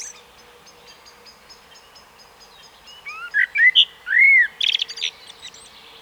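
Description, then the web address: Common blackbird: faint high notes first, then a common blackbird sings one phrase: rising and falling fluted whistles ending in a squeaky, buzzy flourish. "SETE data Turdus merula"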